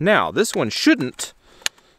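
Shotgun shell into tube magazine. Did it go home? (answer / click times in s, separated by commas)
yes / 1.7 s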